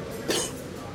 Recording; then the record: coughing mixed with background sound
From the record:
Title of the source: 55 gaggy wet cough